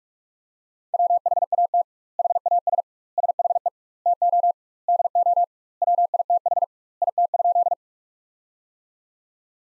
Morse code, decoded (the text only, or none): WHAT HAS SHE TO DO WITH IT?